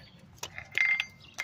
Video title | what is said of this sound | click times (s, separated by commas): How to Replace the Oil Cooler on a 2011-23 Dodge Challenger | You push, you plug it in, but you you hear that click. You got to wait for that click. | 1.4 s